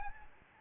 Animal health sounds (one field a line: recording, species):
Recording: mosquito wingbeat signal from an infrared sensor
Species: Aedes albopictus